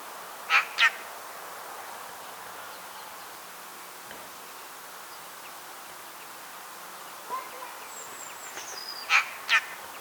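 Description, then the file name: Eurasian magpie giving harsh, rasping notes in quick pairs, one pair near the start and another near the end, with a faint thin whistle between them over steady background hiss. "Pica pica"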